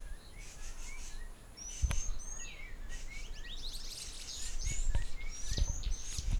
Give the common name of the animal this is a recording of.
Little Weaver